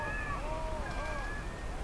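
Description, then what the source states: Rhinoceros whining call: a long tonal, drawn-out cry that slides downward, then a second, more level whine, over a steady low background rumble. Recorded 17 April 2013.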